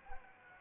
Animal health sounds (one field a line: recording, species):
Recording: mosquito wingbeat signal from an infrared sensor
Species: Anopheles arabiensis